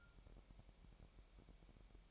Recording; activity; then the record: daily activity, microphone in the room; take from stove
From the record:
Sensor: 1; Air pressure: 1012.1 hPa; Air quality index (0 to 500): 227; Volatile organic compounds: 5 ppm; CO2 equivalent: 1809 ppm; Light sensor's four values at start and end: 64/152/65/69 and 64/152/65/69